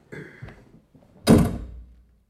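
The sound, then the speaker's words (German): A door swings shut by itself with a loud, heavy slam and a low rumbling decay, preceded by a brief squeak and soft rattling of the latch. No one speaks. “Seit wann knallt denn die von selber zu?”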